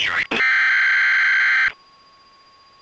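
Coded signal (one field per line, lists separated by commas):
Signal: Emergency Alert System (SAME) tones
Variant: header bursts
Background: speech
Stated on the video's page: Fictional paranormal mock EAS alert.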